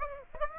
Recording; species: mosquito wingbeat signal from an infrared sensor; Aedes aegypti